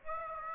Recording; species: mosquito wingbeat signal from an infrared sensor; Aedes aegypti